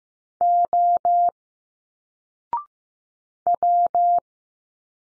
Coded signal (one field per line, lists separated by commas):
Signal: Morse code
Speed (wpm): 15 wpm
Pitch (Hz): 700 Hz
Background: none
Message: O W